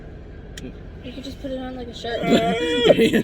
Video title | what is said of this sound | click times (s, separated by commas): Rev Up Your Rides with TEMU! | this right here wraps around your back and around your belly and then snaps back into that | 0.6 s